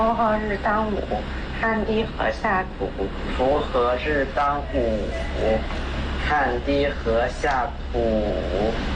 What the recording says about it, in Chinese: 到了青春期呢，尤其是男孩，他的生理结构变化比较快，声带也快速拉长，结构虽然变了，但是他的发声方式还是保持着童声的发声色彩， 所以就会出现我们所谓的青春期假声这样的一个情况。 需要及时的进行调整， 让他的发声方式与生理结构相匹配。这是一个青春期男孩在嗓音门诊治疗前后的声音对比。